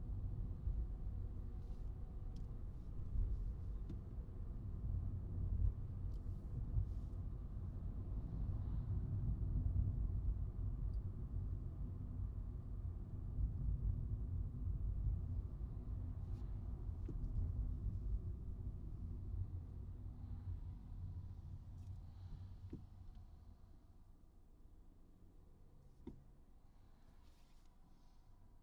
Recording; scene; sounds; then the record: everyday scene through a hearing-aid microphone; in a vehicle; engine, highway traffic jam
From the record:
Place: Skoda Fabia, gasoline engine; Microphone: in the ear canal, right